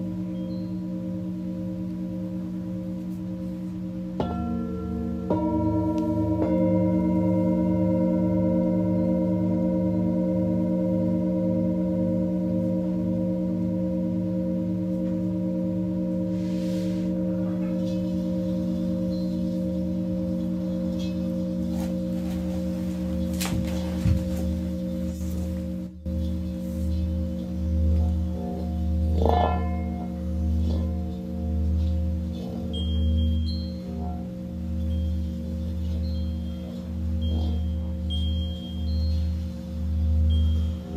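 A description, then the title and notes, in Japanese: Tibetan singing bowls ring in a sustained, layered drone, with new bowls struck around four to six seconds that add brighter, long-ringing tones. The low hum stays steady throughout, and from about twenty-six seconds it gains a slow rhythmic wavering pulse. A few soft chime-like touches appear near the end. 日蝕明けのメキシコからシンギングボウルのサウンドヒーリング。チベタンシンギングボウル #メキシコ。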